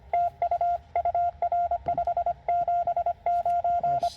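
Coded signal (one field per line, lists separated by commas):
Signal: Morse code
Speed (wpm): 22 wpm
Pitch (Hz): 700 Hz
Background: radio noise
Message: TU UR 579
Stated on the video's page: CW Parks on the Air activation at a state park using a Penntek TR-45L, under poor conditions.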